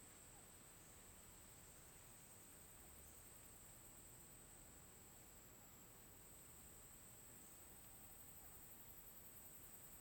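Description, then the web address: Cricket calling in one sustained high buzz-like trill, with constant wind noise and leaf rustle beneath. Daytime forest ambience with an oscillating cricket and wind in leaves, Tocantins. "Ambiente na mata dia com grilo oscilante e vento com folhas. tocantins"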